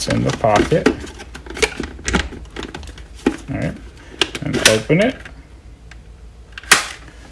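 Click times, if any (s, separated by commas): 6.7 s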